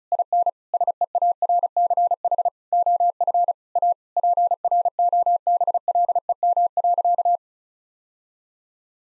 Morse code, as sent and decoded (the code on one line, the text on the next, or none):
.. -. / ... . .- .-. -.-. .... / --- ..-. / .- / .--. .-. --- -... .-.. . -- .-.-.-
IN SEARCH OF A PROBLEM.